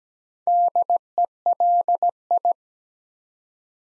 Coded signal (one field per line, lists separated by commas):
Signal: Morse code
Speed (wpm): 17 wpm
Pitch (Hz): 700 Hz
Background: none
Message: DELI